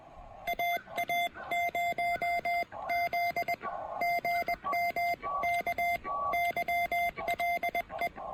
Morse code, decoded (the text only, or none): AA0Z GM KYLE